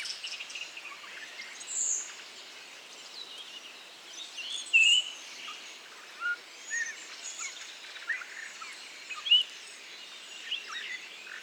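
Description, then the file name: Redwing subsong, sparse soft chirps and a few brighter twittered notes scattered irregularly throughout, with quiet gaps and low background hiss. Solitary redwing giving babbling subsong (babil) in Bois du Puech; recorded with Telinga. "grive-mauvis-babil-solitaire-version-1-extrait-bois-du-puech-F 4 telinga"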